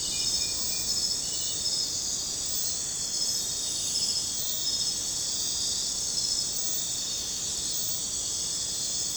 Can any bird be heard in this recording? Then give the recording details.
no. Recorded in pastures near Puerto Asís, Putumayo, Colombia, on 26 December 2024 at 01:30. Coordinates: 0.466, -76.322. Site G040